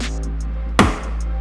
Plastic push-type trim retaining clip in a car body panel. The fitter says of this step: see hear the click now you